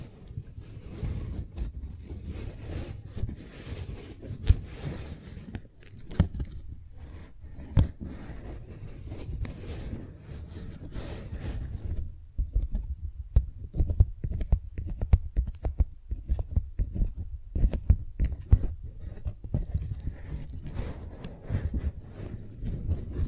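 Tingly flower sounds: soft crinkling and crunching handled in dense, irregular bursts, with sharp clicks and scrapes scattered throughout. A low rumble sits underneath, and the crackles grow sparser and more separated after about twelve seconds before thickening again near the end.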